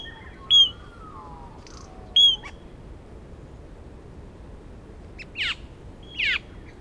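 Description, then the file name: Australasian figbird calls: sharp whistled notes spaced about one and a half seconds apart, followed by two rough, downward-sweeping squawks, over a light hiss. "Sphecotheres Vieilloti"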